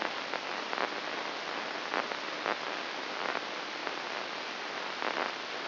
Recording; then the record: brain microelectrode recording played as sound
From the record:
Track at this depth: inside the subthalamic nucleus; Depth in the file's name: 3.202 mm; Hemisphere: right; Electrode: 2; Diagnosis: Parkinson's disease